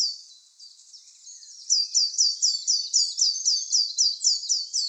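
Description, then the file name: Eurasian blue tit: faint high twittering first, then a long, brisk run of thin descending notes. "Cyanistes caeruleus"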